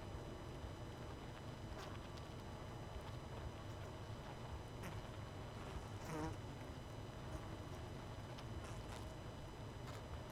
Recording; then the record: honeybee colony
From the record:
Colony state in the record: missing queen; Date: 31 May 2018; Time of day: 20:48